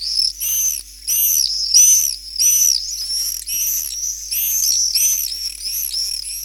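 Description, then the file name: Common swift screaming: high, shrill buzzy screams in bursts roughly every half second. "apus apus"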